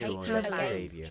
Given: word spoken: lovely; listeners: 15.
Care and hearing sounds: one English word in noise, from a listening test; four-talker babble; -0.9 dB; 0 of 15; 6 of 15; 0.70 s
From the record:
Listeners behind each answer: 6, 3, 1, 1, 1, 1, 1, 1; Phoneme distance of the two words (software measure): 57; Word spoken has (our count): 2 syllables, 5 phonemes, stress on syllable 1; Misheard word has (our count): 2 syllables, 6 phonemes, stress on syllable 1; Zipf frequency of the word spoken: 5.65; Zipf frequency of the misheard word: 3.65

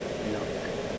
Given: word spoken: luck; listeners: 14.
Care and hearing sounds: one English word in noise, from a listening test; speech-shaped noise; -5.6 dB; 2 of 14; 6 of 14; 0.58 s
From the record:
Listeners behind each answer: 6, 2, 2, 2, 1, 1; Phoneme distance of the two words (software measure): 10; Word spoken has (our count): 1 syllable, 3 phonemes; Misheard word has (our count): 1 syllable, 3 phonemes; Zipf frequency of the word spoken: 5.25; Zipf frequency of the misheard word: 6.23

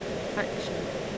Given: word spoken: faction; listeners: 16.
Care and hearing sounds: one English word in noise, from a listening test; speech-shaped noise; -5.5 dB; 2 of 16; 7 of 16; 0.78 s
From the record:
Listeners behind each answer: 7, 4, 2, 1, 1, 1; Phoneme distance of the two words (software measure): 7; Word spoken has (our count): 2 syllables, 5 phonemes, stress on syllable 1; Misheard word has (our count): 2 syllables, 4 phonemes, stress on syllable 1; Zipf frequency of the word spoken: 2.87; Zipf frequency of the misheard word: 5.09

